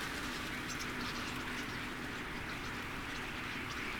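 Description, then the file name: Common starling flock: a dense, continuous wash of sound from many birds, steady throughout without pauses. About 10,000 starlings coming to roost. "Common-Starling-10000-Starlings-Come-To-Roost"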